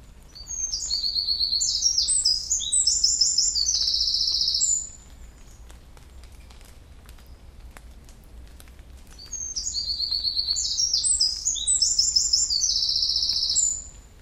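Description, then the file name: Eurasian wren song: two long, loud bursts of rapid high trills and sharp notes, each about four seconds, separated by a pause of roughly five seconds. "Troglodytes troglodytes"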